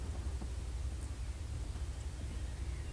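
A barbed metal wire terminal is lined up with the plastic fog light connector housing on a Mk1 (1999–2007) Skoda Fabia twin fog light setup, getting it into the right position before being pushed home. Only a steady low rumble with faint rustling handling noise is heard, and the terminal has not seated or clicked yet.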